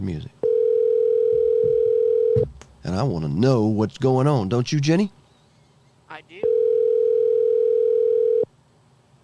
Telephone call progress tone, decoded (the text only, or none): ringback tone